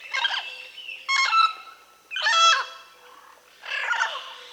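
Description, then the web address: Mealy parrot giving four loud, grating squawks with nasal overtones. Peru, South America. "Natures Songs S America Mealy Parrot (Amazona farinosa)"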